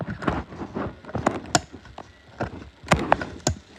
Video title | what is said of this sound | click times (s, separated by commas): My fire alarm checkup | you hear it clicking but | 1.6 s, 3.1 s, 3.5 s